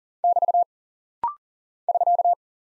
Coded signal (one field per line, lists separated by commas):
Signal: Morse code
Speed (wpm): 39 wpm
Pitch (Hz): 700 Hz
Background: none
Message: <BT> <SK>